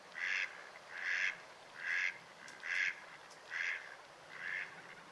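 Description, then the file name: Mallard quacking: six harsh, nasal quacks, evenly spaced, over faint background hiss. "magamo"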